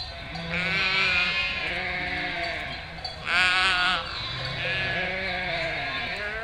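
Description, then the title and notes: Sheep flock bleating, continuous overlapping wavering calls with a brief louder burst midway. Flock of 467 sheep and lambs bleating in chorus while grazing and moving in spring, eating grass and wild garlic; Chindrieux, France; binaural, Fostex FR2 LE, recordist travelling by bicycle. "847 Rue de Vars, 73310 Chindrieux, France - Troupeau de moutons. troupeau de 467 moutons et agneaux. Bêlements en chorale très spacialisée et en mouvement"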